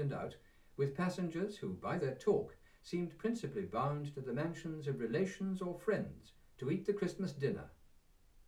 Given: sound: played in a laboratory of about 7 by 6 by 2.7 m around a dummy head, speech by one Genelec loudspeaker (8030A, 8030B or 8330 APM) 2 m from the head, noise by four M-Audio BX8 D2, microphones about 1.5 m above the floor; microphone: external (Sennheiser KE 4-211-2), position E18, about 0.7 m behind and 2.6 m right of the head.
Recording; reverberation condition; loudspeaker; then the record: male speech in English; low; 90 degrees to the left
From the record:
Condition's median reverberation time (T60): about 310 ms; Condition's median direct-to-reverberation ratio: about 3.5 dB